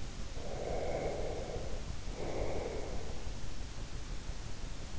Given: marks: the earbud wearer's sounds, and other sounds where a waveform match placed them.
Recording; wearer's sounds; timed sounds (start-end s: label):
sounds in sleep by an in-ear microphone; breath
0.23-2.96 s: breath